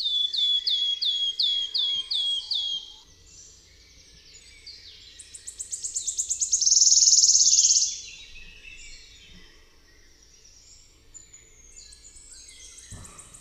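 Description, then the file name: Wood warbler singing: a run of descending piping whistles, a pause, then an accelerating ticking series building into a bright, shivering trill that stops abruptly. "Swistunka"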